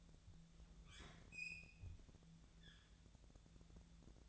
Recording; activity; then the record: daily activity, microphone in the room; open fridge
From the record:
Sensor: 3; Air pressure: 1000.0 hPa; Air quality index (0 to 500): 133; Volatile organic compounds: 2 ppm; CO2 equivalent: 1184 ppm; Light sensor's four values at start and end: 42/107/45/50 and 42/108/46/50